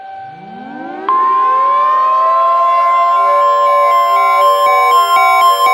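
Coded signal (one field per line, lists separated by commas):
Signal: Emergency Alert System (SAME) tones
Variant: 1050 Hz attention tone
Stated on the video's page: Fictional EAS scenario with valid-sounding EAS tones and alarms for a tornado event in Iowa.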